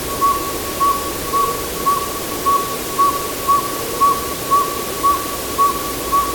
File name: Northern Saw-whet Owl - Aegolius acadicus